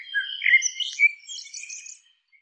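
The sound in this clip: Bird chirps in a rapid twittering run of mixed high notes, with a few brighter squeaky accents partway through, then silence at the end.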